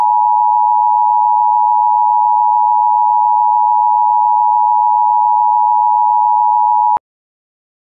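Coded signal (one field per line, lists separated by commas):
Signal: Emergency Alert System (SAME) tones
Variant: 853 and 960 Hz attention tone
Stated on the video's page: Mock EAS alert, simulated tones, not a real broadcast.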